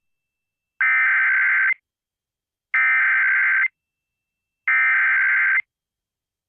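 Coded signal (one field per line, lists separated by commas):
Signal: Emergency Alert System (SAME) tones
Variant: header bursts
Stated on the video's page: Fictional mock local area emergency alert.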